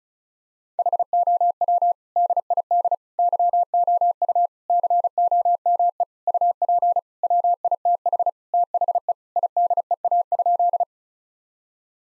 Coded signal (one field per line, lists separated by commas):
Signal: Morse code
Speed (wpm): 36 wpm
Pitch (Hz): 700 Hz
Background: none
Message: HOW DID YOU COME UP WITH THE IDEA?